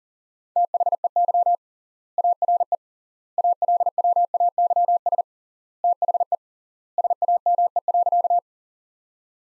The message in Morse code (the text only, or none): THEY ARE ALWAYS THE SAME.